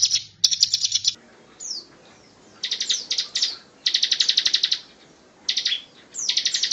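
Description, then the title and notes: Bar-winged prinia giving fast pulsed buzzy trills mixed with sharp falling chips. Low hum and clicks are heard at the very start. Song in the 'ngebren' style, used as a master recording for training white-rumped shamas. "Ciblek Ngebren Untuk Masteran Murai Batu. Suara burung ciblek"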